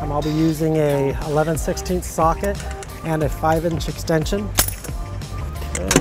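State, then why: Torque reached. Someone talks while a torque wrench set to 60 ft-lb, fitted with an 11/16 socket and a 5-inch extension, tightens a trailer hitch bolt into the vehicle frame on the passenger side of a 2019 Kia Sorento. The wrench gives a short, sharp click at 5.9 s, confirming the bolt has reached its 60 ft-lb setting.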